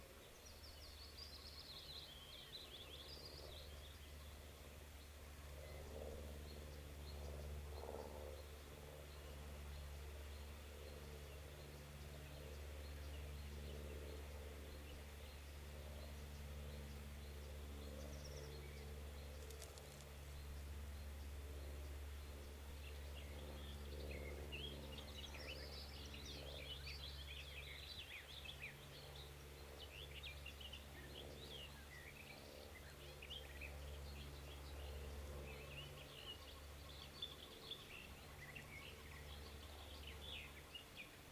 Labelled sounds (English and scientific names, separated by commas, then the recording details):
Lesser Spotted Woodpecker (Dendrocopos minor) call
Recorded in the wild
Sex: male
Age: juvenile
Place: Schloß Holte-Stukenbrock, Senne, Nordrhein-Westfalen, DE
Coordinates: 51.8667, 8.66667
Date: 1968-06-16
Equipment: Uher 4000 Report-S, Bändchenmikro Beyer M 260, Parabolspiegel Polyester (470 mm)
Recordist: Conrads, Klaus